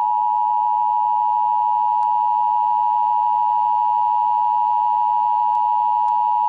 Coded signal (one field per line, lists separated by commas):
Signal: Emergency Alert System (SAME) tones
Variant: 853 and 960 Hz attention tone